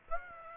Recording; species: mosquito wingbeat signal from an infrared sensor; Aedes aegypti